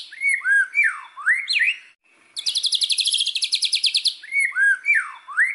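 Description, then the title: White-rumped shama song: clear whistled notes sweeping down and up, a brief pause, a high rattling trill, then more swooping whistles. Song used as a lure (pancingan) to make other shamas respond; said to work on first hearing with an immediate response; bird described as singing constantly (gacor). "PANCINGAN MEWAH MURAI BATU GACORSEKALI DENGAR AMPUH LANGSUNG RESPON"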